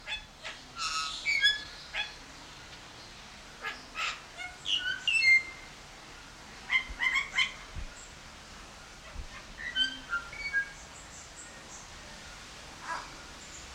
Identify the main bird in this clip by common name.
Golden Myna